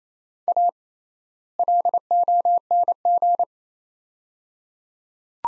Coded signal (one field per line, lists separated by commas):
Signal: Morse code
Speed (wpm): 28 wpm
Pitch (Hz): 700 Hz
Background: none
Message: A LONG